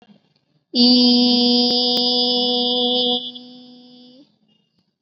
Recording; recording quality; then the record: sustained vowel as in beet; excellent, no background noise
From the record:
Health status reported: COVID-19 positive, mild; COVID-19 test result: positive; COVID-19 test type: rapid antigen test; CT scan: not taken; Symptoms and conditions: cough, sore throat, fever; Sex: female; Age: 18 years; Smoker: no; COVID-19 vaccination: none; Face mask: worn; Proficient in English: yes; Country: India